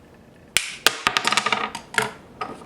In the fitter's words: when you hear the pop and things go flying flywheel comes off